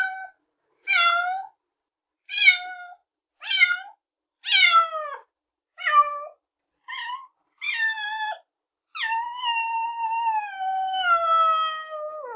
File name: Kitten meows